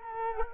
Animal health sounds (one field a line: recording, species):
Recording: mosquito wingbeat signal from an infrared sensor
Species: Culex quinquefasciatus